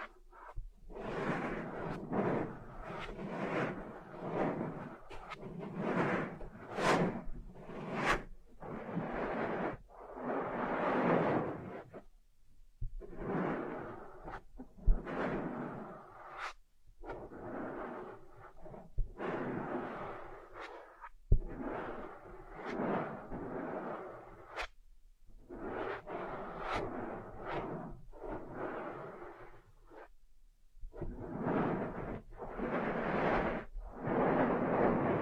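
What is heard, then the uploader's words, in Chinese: Ear massage: soft rubbing and brushing strokes come in rapid bursts of swishing friction, broken by brief silent pauses every few seconds, near 11, 17, 21, 25 and 31 seconds. A couple of sharp taps stand out around 15 and 21 seconds. 按摩耳朵，一些让人放松的声音。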